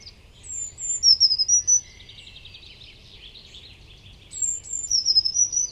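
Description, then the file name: Eurasian blue tit calls: thin, very high notes followed by a rapid buzzy churring trill, then another high series near the end. "Cyanistes caeruleus"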